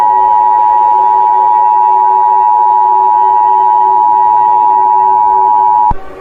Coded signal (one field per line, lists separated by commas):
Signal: Emergency Alert System (SAME) tones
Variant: 853 and 960 Hz attention tone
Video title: EAS Scenario: Second Titanomachy